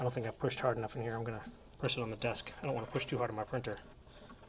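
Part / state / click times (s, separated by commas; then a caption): spring pre-tensioner into 3D-printed keyboard switch housing / not seated / none. Someone talks while handling a 3D-printed mechanical keyboard switch prototype, getting ready to press the switch assembly against a desk to push a printed plastic spring pre-tensioner fully into its housing. Only speech is heard. Nothing has seated or snapped into place yet.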